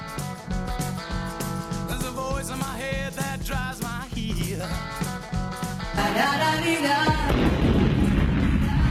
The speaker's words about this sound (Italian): L'esplosione credo che sia quella del Vesuvio, tra l'altro. C'è il Vesuvio che esplode.